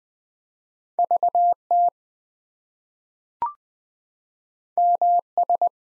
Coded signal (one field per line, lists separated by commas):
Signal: Morse code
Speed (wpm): 20 wpm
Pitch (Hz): 700 Hz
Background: none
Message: VT MS